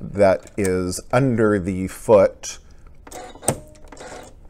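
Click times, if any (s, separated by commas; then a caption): 3.5 s. Someone talks as a narrow binding presser foot is pressed onto the foot holder of a Skyline S7 sewing machine. A sharp snap at 3.5 s marks the foot clipping into place, seated.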